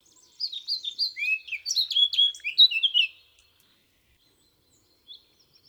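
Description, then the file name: Eurasian blackcap singing a brisk warbled phrase of quick chattering and whistled notes lasting about three seconds, then quiet apart from one short note near the end. "Sylvia atricapilla"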